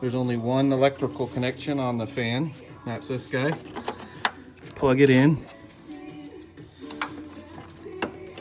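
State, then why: Seated. A plastic electrical connector, the single plug for the radiator cooling fan on a 2006 Mercedes CLS 500, is pushed onto the fan motor socket while someone talks. Sharp transient ticks follow the talking, and the loudest, at 7.0 s, is the connector clicking in, leaving it seated.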